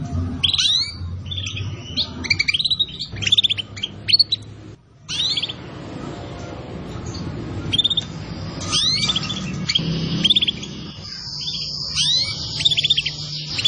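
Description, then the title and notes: Canary song, a run of bright high chirps, trills and downward-sweeping notes in quick bursts, with short pauses between phrases over a low steady hum. Song used as a lure to attract birds. "Pikat Burung Baru. kenari"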